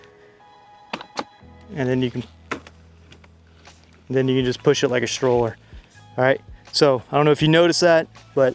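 A push handle is pushed forward on a VEER Cruiser wagon frame into its stroller-push position, and it locks into place with a sharp click at 0.9 s. A few more short knocks follow while someone talks.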